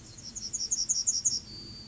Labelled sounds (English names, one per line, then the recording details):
Yellowhammer song
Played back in grassland
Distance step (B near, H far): D
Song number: 023